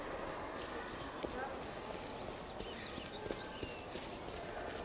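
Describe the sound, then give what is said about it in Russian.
Children's running footsteps patter in quick, uneven knocks as they run to a mailbox, over a dense, steady wash of background noise, with a few sharper taps standing out. “Ребята бегут к почтовому ящику.”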